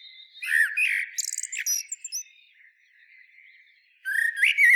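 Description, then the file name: Eurasian blackbird song: a brief fluted warble with a high twittering end, a quiet pause, and then another warbling phrase starting. "Turdus merula"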